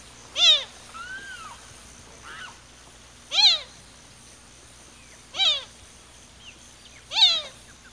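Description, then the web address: Azure gallinule giving four nasal, falling mewing calls at irregular intervals, with softer notes between them. Recorded in Ecuador. "Birds of Ecuador. Azure Gallinule"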